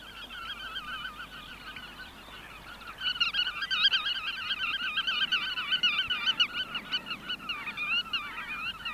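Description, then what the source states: Black-tailed Godwit calls: a quieter start, then a loud, sustained stream of wavering, yodelling notes repeated rapidly. Field recording.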